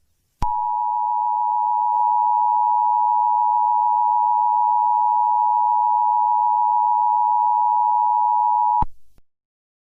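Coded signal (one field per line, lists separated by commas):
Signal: Emergency Alert System (SAME) tones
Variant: 853 and 960 Hz attention tone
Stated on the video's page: Fictional EAS scenario alert for an asteroid impact, made for entertainment and not broadcast; the tones may be valid and are loud.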